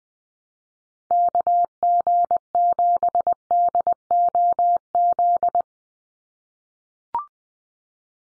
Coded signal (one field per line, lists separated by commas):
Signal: Morse code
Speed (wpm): 20 wpm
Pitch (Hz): 700 Hz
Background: none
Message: KG7DOZ